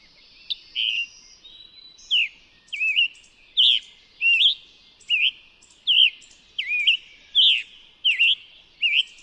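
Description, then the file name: Scarlet tanager singing a steady series of husky, slurred phrases, each dipping and rising. Recorded in New York. "scarlet tanager NY"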